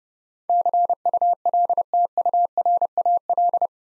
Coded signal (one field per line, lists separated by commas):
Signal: Morse code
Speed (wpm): 30 wpm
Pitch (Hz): 700 Hz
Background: none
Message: CULTURAL